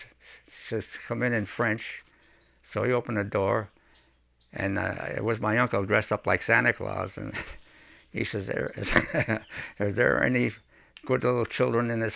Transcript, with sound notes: So, she says, "Come in," in French, so we open the door and it was my uncle dressed up like Santa Claus and he (he laughs) "Is there any good little children in this house?"